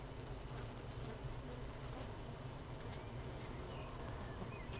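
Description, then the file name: Honey bees humming inside the hive, a continuous low buzzing drone with faint scattered chirps above it. Hive 1 with no queen, recorded 31 May 2018, apparently at 15:30. "Hive 1 31 05 2018 NO Queen Bee H 1 audio 15 30 00"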